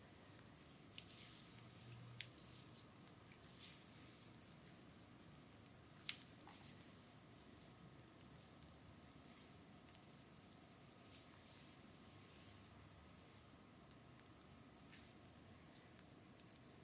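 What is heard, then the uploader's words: A full body massage with bamboo, mostly quiet under a steady low hiss and soft rustling. Sparse sharp taps or knocks break through now and then, the clearest one around six seconds in, with lighter clicks near the start and end. ASMR Full body massage with bamboo.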